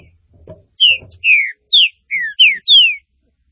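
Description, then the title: Green-winged saltator phrase of six loud, clear whistles, each dropping in pitch, following a few soft low rustling sounds. "Trinca Ferro"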